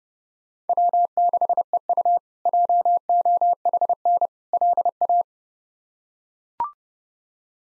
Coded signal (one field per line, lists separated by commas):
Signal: Morse code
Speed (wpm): 30 wpm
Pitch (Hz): 700 Hz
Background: none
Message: W6EU JOHN LA